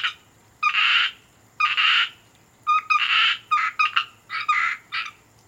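Asian grass frog giving harsh, buzzy croaks, some long and drawn out, others short and clipped in quick doubles, with a faint high hiss behind them.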